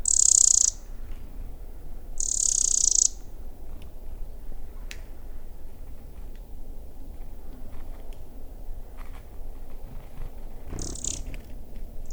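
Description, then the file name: Eurasian wren: two loud, high rattling bursts at the start, then quieter background with a couple of fainter, shorter high calls later. "Troglodytes troglodytes"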